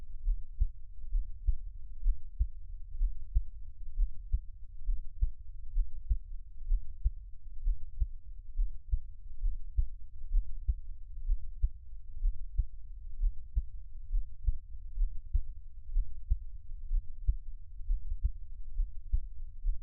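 Soft, low thumps repeat steadily at about 63 beats a minute over a faint hum. This is an ordinary adult heartbeat with a normal resting rate and even rhythm, heard close to the chest.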